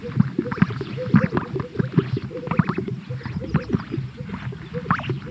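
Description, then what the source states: Greater sage-grouse display: rapid overlapping low pops and swishing notes without pause. At a lek.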